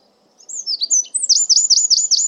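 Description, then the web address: High-pitched bird song of slurred whistles followed by five loud, repeated V-shaped notes at a steady quick pace. "cianscape birddata Deverinetal 2025"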